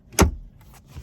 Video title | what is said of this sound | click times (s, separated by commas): R1T walkthrough for Camp Yoshi loaners_July 2022 | just like that and you'll hear it click | 0.2 s